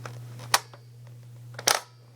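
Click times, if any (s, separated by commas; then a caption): 0.5 s. The bolt of a Cybergun FAMAS spring-powered airsoft rifle is pulled back against its spring until it catches on the sear, with a sharp click at 0.5 s showing it is cocked and seated. A steady low hum runs underneath with a few faint handling taps, and a second loud clatter follows at about 1.7 s before the sound drops away.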